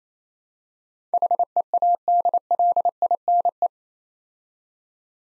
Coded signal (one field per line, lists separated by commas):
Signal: Morse code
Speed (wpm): 27 wpm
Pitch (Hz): 700 Hz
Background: none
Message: HEADLINE